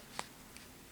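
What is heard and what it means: After several failed tries, a small plastic accessory piece finally seats onto a Playmobil 5203 Series 1 toy figure with a short, sharp click at 0.2 s. A fainter tick follows at 0.6 s, and the piece is confirmed snapped into place.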